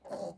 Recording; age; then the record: pig call; piglet (1 to 25 days)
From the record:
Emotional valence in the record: negative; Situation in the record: restrain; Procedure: back test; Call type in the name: low-frequency call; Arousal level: low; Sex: female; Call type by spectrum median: low-frequency call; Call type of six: low-frequency stable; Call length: 0.38 s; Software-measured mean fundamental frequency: 61 Hz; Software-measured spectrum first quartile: 479 Hz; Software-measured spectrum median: 609 Hz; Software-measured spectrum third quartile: 966 Hz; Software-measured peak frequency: 578 Hz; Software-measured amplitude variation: 201 dB a second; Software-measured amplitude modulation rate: 18.2 a second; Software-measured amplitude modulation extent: 11.0 dB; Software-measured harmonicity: 4.6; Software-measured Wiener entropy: -0.50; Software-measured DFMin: 1297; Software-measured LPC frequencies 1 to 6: 587, 1717, 3051, 4541, 5552, 6926 Hz